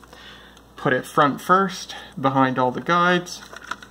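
A plastic ribbon cassette is being set front edge first behind the guides of the carriage of a 1985 Xerox 6010 Memorywriter electronic typewriter while someone talks. Faint handling ticks are heard near the start and around 3.7 s, but nothing has seated or clicked into place yet.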